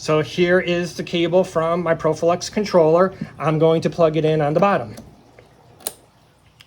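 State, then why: Seated. Someone talks, then plugs the data cable from a ProfiLux aquarium controller into the bottom bus port of a GHL ION Director. A loud, sharp click at 5.9 s shows the plug has seated, with fainter ticks just before and after.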